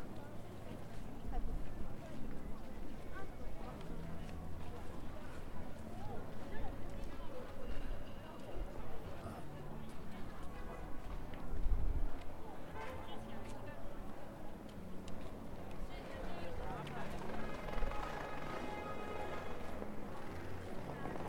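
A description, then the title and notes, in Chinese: Busy street noise on Zhongjie in Shenyang, with many voices talking at once over a steady low rumble. The crowd chatter stays dense throughout, with footsteps and a brief louder burst near twelve seconds, and faint brighter tones drifting through in the second half. 沈阳，中街。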